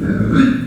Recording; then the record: squeal of a Yucatan mini pig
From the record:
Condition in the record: after surgery on the right vocal fold (resection and tissue-engineered implant); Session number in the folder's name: 6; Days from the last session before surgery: 40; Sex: female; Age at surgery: 19 weeks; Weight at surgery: 25 kg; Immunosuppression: prednisolone